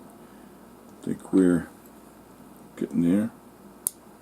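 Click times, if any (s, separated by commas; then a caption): 3.9 s. A component is fitted into the frame of a postwar Lionel model train e-unit (reversing unit) during a rebuild while someone talks. A short, sharp click is heard at 3.9 s as the part seats into place.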